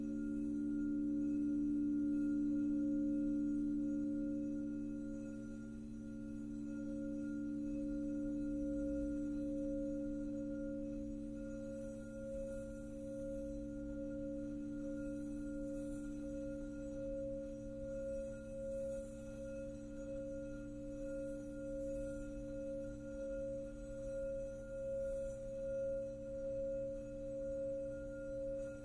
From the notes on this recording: crystal singing bowl